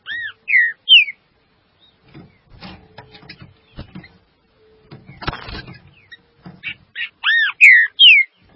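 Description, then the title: Green-winged saltator giving a few looping whistled notes, then clattering and scraping noises, before a second burst of clear, arched whistles. "Trinca Ferro"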